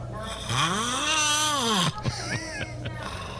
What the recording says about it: There's one stretch where I'm not breathing. It sounds like you're dead. And that's sleep apnea.